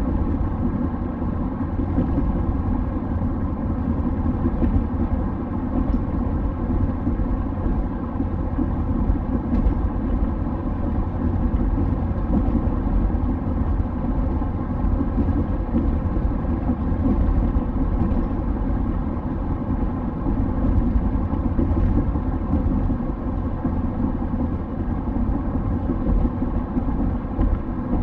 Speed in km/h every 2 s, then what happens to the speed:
93, 92, 92, 93, 93, 93, 93, 93, 92, 93, 93, 92, 92, 92.
0-28 steady at about 93.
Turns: none.